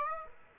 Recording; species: mosquito wingbeat signal from an infrared sensor; Aedes aegypti